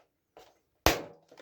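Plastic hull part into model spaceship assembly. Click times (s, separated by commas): 0.9 s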